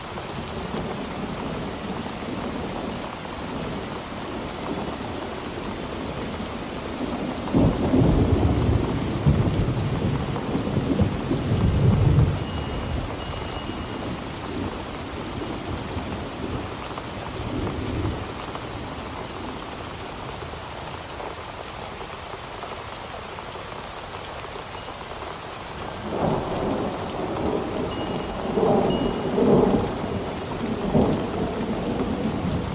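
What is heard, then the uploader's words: A storm with steady rain hissing across the whole clip, a dense patter. Low thunder rolls in around eight seconds and again near twelve, fading by twenty, then a deeper rumble returns from about twenty-six seconds to the end. A Relaxing Storm.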